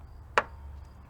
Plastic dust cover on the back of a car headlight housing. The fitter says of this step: and you should hear it pop and it comes right out now on